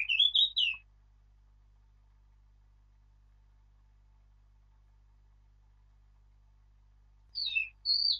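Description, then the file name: Eurasian blackcap singing a brief warbled phrase, then a long pause of over six seconds before another fluty, varied phrase begins. "Sylvia atricapilla"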